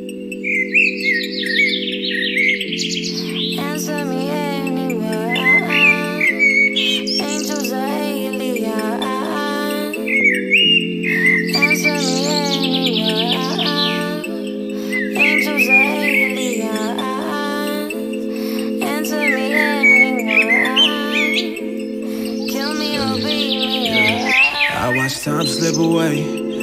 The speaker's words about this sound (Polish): Posłuchać głosu ptaków, ale nie zabijać je.